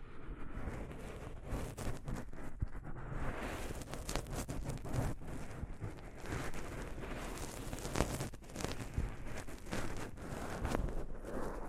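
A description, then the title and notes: Soft fabric brushes against a microphone in a continuous rough rustle, heavy in the low end like wind buffeting. The scraping comes in uneven strokes with frequent brighter swipes, a sharp one near eight seconds, and never stops for the full twelve seconds. ASMR Mic Brushing using Soft Fabric (No Talking).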